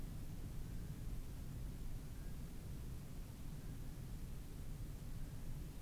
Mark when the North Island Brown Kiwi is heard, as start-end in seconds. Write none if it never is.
0.49-5.81